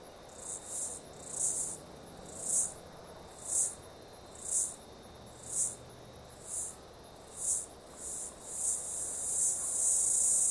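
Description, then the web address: Cicada sound: shrill buzzy pulses repeated about once a second, merging into a continuous loud high drone at the end. Australian cicada call. "Sound Effects-Foundation INSECTS CIDADAS AUSTRALIAN CALL"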